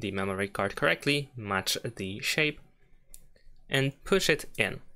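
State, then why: Not seated. Someone talks while a microSD memory card is matched to the shape of its slot in the SIM/microSD tray of a Motorola Edge 60 Fusion phone and pushed in by finger. A brief faint tick is heard at about 3.1 s during a pause in the talking. Nothing has seated or clicked yet; the card is not yet home when the clip ends.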